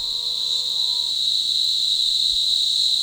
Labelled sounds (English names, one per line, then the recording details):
none
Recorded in forest near Pivijay, Magdalena, Colombia, on 17 April 2023 at 14:00
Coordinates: 10.467, -74.380
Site Z5-G034